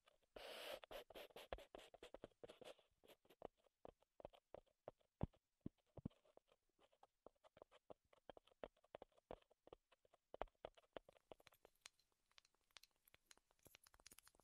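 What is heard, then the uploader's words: Wood triggers tap and click in rapid, irregular bursts, with a dense rustling scrape near the start, then steady sharp knocks throughout. ASMR Wood Triggers in Your Ears (No Talking).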